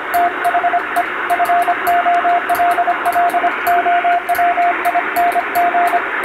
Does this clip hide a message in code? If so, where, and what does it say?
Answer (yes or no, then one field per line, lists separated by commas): yes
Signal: Morse code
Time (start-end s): 0.1-6.0 s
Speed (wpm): 25 wpm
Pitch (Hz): 700 Hz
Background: radio noise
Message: THE FOLLOWING